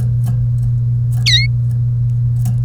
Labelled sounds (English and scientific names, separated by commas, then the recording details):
Domestic Canary (Serinus canaria) song
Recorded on 1 May 2018 at 08:52
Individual llb3